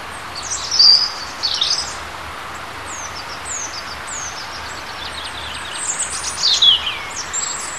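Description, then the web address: Bird song: high thin chirps and short descending whistles scattered through steady background noise, brighter bursts near the start and end. Native hedge bird, March. "oeko hecke vogel maerz vogel m 3 4 0 heimisch"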